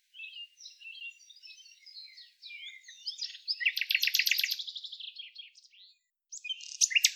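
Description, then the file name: Common nightingale song: soft, scratchy twittering notes, then a loud, rapid, rattling trill of repeated notes, a pause, and a brief sharp phrase at the end. "Luscinia megarhynchos"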